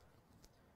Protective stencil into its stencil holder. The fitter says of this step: so back in place clicks back in